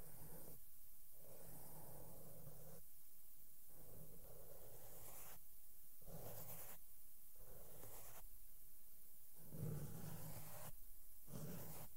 SOFT SOUNDS WITH MAKEUP BRUSHES ON MIC AND MICROPHONE TOUCHING